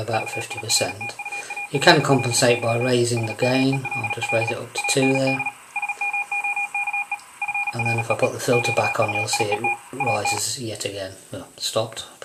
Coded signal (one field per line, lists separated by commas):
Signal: Morse code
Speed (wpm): 37 wpm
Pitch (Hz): 2450 Hz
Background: speech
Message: VIRTUALLY SMELL AND SMOKE FREE QUIET AT